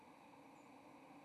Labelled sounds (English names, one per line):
White-throated Sparrow flight call